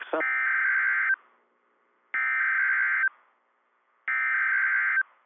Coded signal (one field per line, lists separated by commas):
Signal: Emergency Alert System (SAME) tones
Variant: header bursts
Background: speech